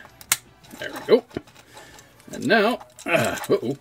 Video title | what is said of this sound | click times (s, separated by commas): Transformers: War for Cybertron: Earthrise: Hoist | that's gonna get tight right there so we hear and it will pop into place | 0.3 s